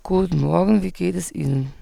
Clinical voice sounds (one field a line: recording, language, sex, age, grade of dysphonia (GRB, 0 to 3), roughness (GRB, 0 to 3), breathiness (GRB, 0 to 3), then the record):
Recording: spoken sentence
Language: German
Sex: female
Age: 30 to 39 years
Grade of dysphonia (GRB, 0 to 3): 2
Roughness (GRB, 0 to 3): 2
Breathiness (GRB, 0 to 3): 1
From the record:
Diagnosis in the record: Reinke's edema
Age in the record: 34 years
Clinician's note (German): Zustand nach Abtragung, beidseitig vor etwa 14 Tagen, noch schwere Dysphonie